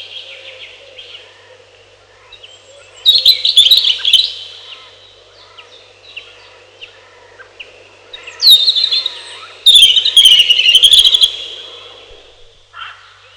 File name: малиновка